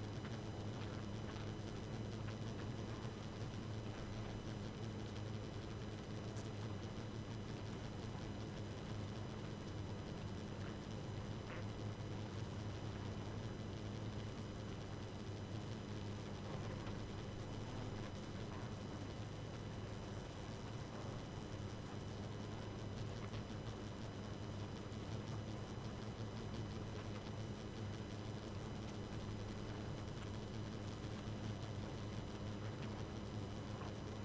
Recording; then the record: honeybee colony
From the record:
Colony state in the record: active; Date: 12 June 2018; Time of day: 2:17